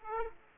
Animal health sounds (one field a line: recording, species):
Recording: mosquito wingbeat signal from an infrared sensor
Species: Aedes aegypti